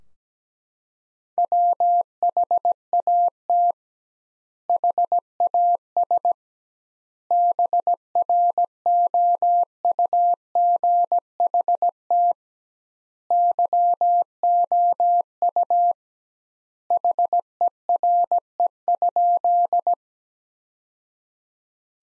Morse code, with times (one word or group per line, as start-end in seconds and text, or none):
1.4-3.7 WHAT
4.7-6.3 HAS
7.3-12.3 BROUGHT
13.3-15.9 YOU
16.9-19.9 HERE?